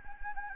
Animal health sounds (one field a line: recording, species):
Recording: mosquito wingbeat signal from an infrared sensor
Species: Anopheles gambiae